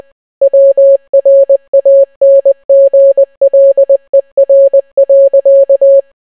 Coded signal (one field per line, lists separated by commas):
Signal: Morse code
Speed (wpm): 20 wpm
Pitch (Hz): 550 Hz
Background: none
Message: WRANGLER.